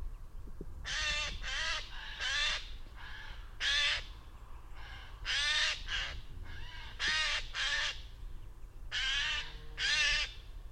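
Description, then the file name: Eurasian jay giving harsh, rasping screeches, often in quick pairs, with fainter screeches between them and a low hum underneath. "Garrulus glandarius"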